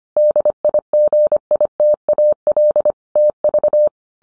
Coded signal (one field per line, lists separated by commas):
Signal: Morse code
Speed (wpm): 25 wpm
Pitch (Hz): 600 Hz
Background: none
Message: DIGITAL TV